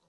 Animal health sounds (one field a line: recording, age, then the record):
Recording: pig call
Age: piglet (1 to 25 days)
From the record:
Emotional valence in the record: positive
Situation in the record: reunion after long isolation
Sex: female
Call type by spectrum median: low-frequency call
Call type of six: low-frequency tonal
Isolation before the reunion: 8 minutes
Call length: 0.09 s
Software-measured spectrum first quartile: 495 Hz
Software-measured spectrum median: 1800 Hz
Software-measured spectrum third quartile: 7931 Hz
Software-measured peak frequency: 529 Hz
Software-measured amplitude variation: 16 dB a second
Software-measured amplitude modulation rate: 11.4 a second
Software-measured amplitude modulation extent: 1.4 dB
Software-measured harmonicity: 1.1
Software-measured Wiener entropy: -2.01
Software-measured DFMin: 632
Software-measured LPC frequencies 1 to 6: 697, 3942, 5614, 6243, 7444, 8601 Hz